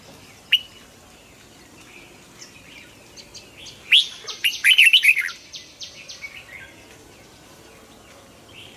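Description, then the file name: Red-whiskered bulbul song: one bright warbled phrase mixed with a rapid run of high ticking notes, then quieter twitters. Hue strain red-whiskered bulbul singing in the double-voice style (giọng kép). "Tieng chao mao hue hot giong kep"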